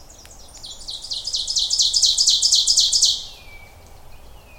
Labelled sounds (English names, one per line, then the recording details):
Ovenbird song
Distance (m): 5 m
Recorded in boreal forest in Alberta, Canada, on 26 May 2016 at 06:54
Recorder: SongMeter 3, array SBT-3-15
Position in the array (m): 48 m, 253 m
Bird 20